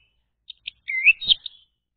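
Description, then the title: Orange-headed thrush song: a short burst of high chirps and a rising whistled slur, with a brief sharp flourish at the end, then silence. Recording used to lure a reluctant orange-headed thrush into singing. "Anis Merah Macet.. Pancing Dengan Suara Ini.."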